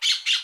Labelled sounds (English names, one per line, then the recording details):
Brown-throated Parakeet contact call
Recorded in Aruba
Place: Cunucu Arikok, S side of Ceru Arikok
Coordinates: 12.502, -69.950